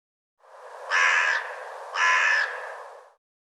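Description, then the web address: Bird giving two harsh, noisy calls about a second apart, each roughly half a second long. "cianscape birddata Deverinetal 2025"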